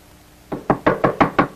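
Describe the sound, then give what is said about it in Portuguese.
A boarder comes out of a room into the hallway and knocks on the front door: six quick, evenly spaced raps with a hollow, solid thud, fairly loud against a quiet background and no voices. “No corredor, uma das pensionistas sai de um quarto e bate na porta da frente.”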